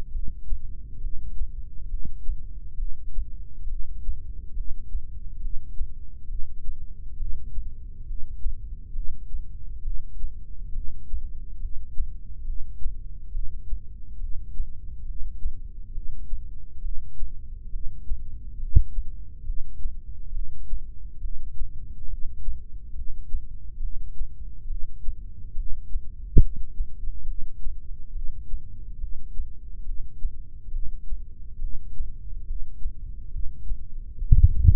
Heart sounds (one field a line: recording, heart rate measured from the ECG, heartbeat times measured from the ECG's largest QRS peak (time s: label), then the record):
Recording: heart sounds by microphone in the left ear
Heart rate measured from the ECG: 69 bpm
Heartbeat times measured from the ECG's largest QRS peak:
0.14 s: heartbeat
1.04 s: heartbeat
1.92 s: heartbeat
2.80 s: heartbeat
3.71 s: heartbeat
4.58 s: heartbeat
5.43 s: heartbeat
6.30 s: heartbeat
7.20 s: heartbeat
8.09 s: heartbeat
8.96 s: heartbeat
9.86 s: heartbeat
10.76 s: heartbeat
11.63 s: heartbeat
12.48 s: heartbeat
13.34 s: heartbeat
14.22 s: heartbeat
15.08 s: heartbeat
15.95 s: heartbeat
16.84 s: heartbeat
17.73 s: heartbeat
18.61 s: heartbeat
19.47 s: heartbeat
20.35 s: heartbeat
21.23 s: heartbeat
22.11 s: heartbeat
22.97 s: heartbeat
23.83 s: heartbeat
24.70 s: heartbeat
25.58 s: heartbeat
26.43 s: heartbeat
27.28 s: heartbeat
28.15 s: heartbeat
29.01 s: heartbeat
29.87 s: heartbeat
30.74 s: heartbeat
31.62 s: heartbeat
32.48 s: heartbeat
33.34 s: heartbeat
34.20 s: heartbeat
From the record:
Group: heart failure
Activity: rest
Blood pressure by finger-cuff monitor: 115/88 mmHg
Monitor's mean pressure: 99 mmHg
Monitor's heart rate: 68 bpm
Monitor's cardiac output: 5.9 L/min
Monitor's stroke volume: 86 mL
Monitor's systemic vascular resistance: 1250 dyn s/cm5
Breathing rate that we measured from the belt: 18 breaths a minute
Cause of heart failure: idiopathic cardiomyopathy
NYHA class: 1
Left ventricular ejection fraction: 50%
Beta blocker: bisoprolol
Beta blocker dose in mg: 5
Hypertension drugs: candesartan, spironolactone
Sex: male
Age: 54 years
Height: 180 cm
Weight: 94.6 kg